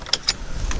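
A small plastic trim panel clipped to the door near the exterior mirror of a GMC Acadia is pulled by its tab. Its clips let go with two sharp snaps at 0.1 s and 0.3 s, followed by a fainter click near 0.7 s and a low rumble. The panel comes off, released.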